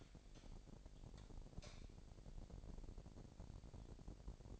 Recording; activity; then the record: daily activity, microphone in the room; light on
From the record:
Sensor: 5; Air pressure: 1012.0 hPa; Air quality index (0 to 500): 248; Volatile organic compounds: 4 ppm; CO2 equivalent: 1682 ppm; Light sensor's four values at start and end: 39/90/37/40 and 40/95/39/42